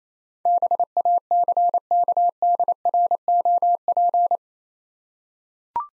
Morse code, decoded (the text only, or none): BACKDROP